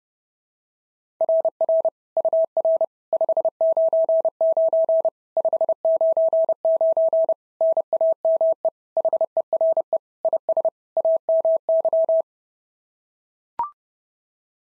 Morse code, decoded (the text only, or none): RR UR 599 599 NAME HERE IS AMY